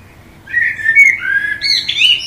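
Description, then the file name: Common blackbird song, a fluty warbled phrase sliding between notes, followed by a brief high chattering flourish. "Turdus merula"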